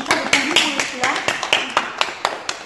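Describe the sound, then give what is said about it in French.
Rhythmic applause from a group following a baptism, with sharp, steady claps repeating several times per second over about three seconds, and voices murmuring underneath. “Vous avez applaudi pourquoi?”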